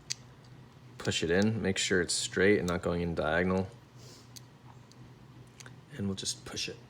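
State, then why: Not seated. A metal square nut is pushed with a hex key into the handle pocket of a Kershaw Lucha balisong being re-handled with a ZippyLucha v2 (ZLucha) handle, kept straight rather than going in diagonally. Someone talks over a few faint light ticks and clicks. The nut has not snapped in or seated yet.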